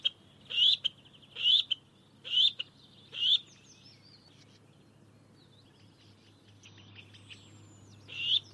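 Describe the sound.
Bird calls: four sharp, upward-sweeping high notes about a second apart, then a quiet pause with faint chirps, and one last loud note at the end.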